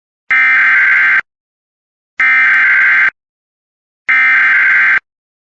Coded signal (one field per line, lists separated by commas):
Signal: Emergency Alert System (SAME) tones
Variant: header bursts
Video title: EAS Mahoning county, OH gets double rare alerts (EVI And LAE)